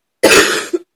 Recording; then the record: coughing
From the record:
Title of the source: 60 coughing still (deep and wet cough)